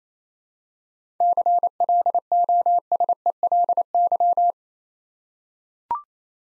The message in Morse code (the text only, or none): CLOSELY